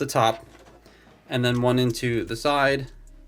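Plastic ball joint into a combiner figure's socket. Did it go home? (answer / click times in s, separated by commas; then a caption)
no / none. A plastic ball joint is handled at a socket on a combiner toy robot while someone talks. Nothing has seated or clicked yet; the part is not yet home.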